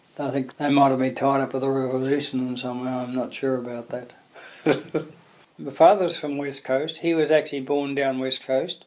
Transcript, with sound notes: I think they might have been tied up with the Revolution somehow, I’m not sure about that. [Chuckle] My father was from West Coast; he was actually born down West Coast,